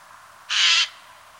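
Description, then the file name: Eurasian jay giving a single harsh, rasping screech lasting about a third of a second, with faint background hiss. "Garrulus glandarius"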